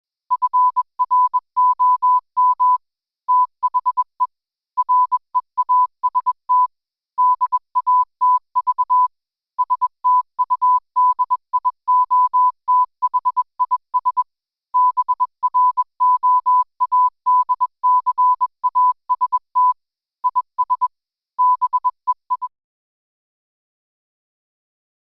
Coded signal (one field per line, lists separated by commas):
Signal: Morse code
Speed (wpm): 21 wpm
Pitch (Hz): 1000 Hz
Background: none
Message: FROM THE REAST DATV STUDIO THIS BROADCAST IS BEI